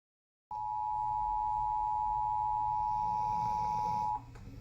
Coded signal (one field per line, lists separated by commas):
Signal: Emergency Alert System (SAME) tones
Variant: 853 and 960 Hz attention tone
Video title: EAS #450: Severe Thunderstorm Warning - Indiana (7/16/2023) (WTTV)